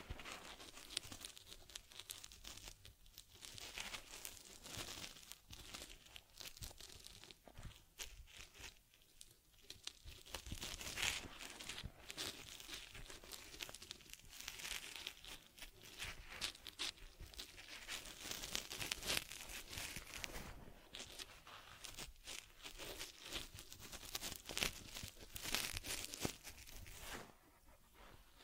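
Teddy is being groomed, with a steady run of soft crinkling, rustling and scratchy brushing strokes that fill the whole stretch. The strokes come quickly and unevenly, bright and papery, with brief quieter gaps near three, nine and twenty-seven seconds.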